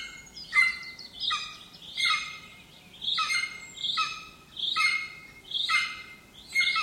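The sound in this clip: Bird calls: harsh, buzzy notes with a steady whistled tone, repeated several times at uneven intervals over a soft background hiss.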